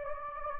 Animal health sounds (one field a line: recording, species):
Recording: mosquito wingbeat signal from an infrared sensor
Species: Anopheles gambiae